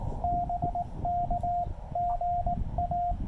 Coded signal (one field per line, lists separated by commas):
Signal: Morse code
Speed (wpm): 17 wpm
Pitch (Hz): 700 Hz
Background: radio noise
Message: BK GA